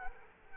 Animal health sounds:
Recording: mosquito wingbeat signal from an infrared sensor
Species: Culex quinquefasciatus

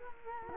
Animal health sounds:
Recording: mosquito wingbeat signal from an infrared sensor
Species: Culex quinquefasciatus

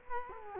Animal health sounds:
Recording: mosquito wingbeat signal from an infrared sensor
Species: Culex quinquefasciatus

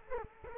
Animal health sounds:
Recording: mosquito wingbeat signal from an infrared sensor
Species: Culex quinquefasciatus

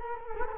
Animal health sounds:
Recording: mosquito wingbeat signal from an infrared sensor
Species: Culex quinquefasciatus

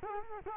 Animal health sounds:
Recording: mosquito wingbeat signal from an infrared sensor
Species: Culex quinquefasciatus

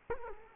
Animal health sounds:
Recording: mosquito wingbeat signal from an infrared sensor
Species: Culex quinquefasciatus

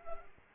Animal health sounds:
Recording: mosquito wingbeat signal from an infrared sensor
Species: Culex pipiens

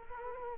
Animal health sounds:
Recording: mosquito wingbeat signal from an infrared sensor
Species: Culex quinquefasciatus

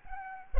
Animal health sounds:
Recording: mosquito wingbeat signal from an infrared sensor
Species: Aedes albopictus

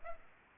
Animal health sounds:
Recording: mosquito wingbeat signal from an infrared sensor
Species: Culex pipiens

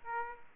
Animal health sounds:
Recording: mosquito wingbeat signal from an infrared sensor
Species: Aedes aegypti

